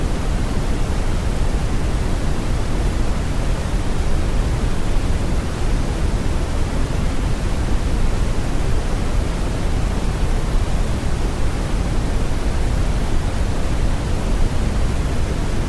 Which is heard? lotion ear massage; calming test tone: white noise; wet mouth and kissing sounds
calming test tone: white noise